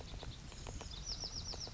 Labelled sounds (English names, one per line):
Bewick's Wren